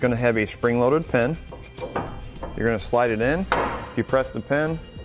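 A removable tow bar arm with a spring-loaded pin is slid into the receiver of a Roadmaster Direct-Connect base plate on a 2018 Ford F-150, with the pin being depressed as the arm is turned. Someone talks throughout, and two brief handling knocks come at about 1.8 and 2.0 s. The arm is not yet locked into the base plate, and nothing has seated or clicked yet.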